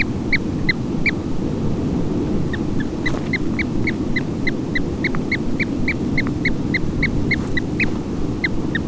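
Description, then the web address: Monteiro's storm petrel chick calls: a long run of brief high cheeps, roughly three per second, over continuous low rumbling noise. "aves-marinhas painho-monteiro Cantos-Crias"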